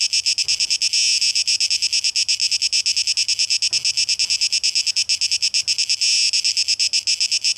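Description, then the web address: Cicada song: a steady shrill buzz pulsing quickly, with a couple of brief low knocks. Tape echo mix; recorded 12 August 2023. "rauschpartikel Audio 2023-08-12 Zikaden (Tape Echo Mix)"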